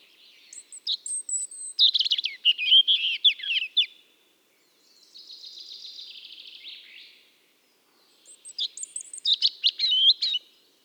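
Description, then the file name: European robin singing two tumbling, twittering phrases that open with high thin whistles, separated by a soft buzzy trill and silent pauses. "Erithacus rubecula"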